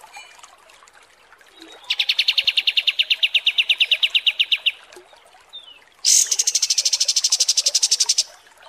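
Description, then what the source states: Kapas tembak: small bird song: a lower rapid trill of almost three seconds, a pause, then a higher, brighter trill of about two seconds. Masteran (song tutor) for training songbirds, kapas tembak song.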